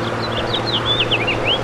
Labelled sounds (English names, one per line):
House Finch song